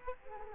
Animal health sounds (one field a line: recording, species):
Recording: mosquito wingbeat signal from an infrared sensor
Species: Culex quinquefasciatus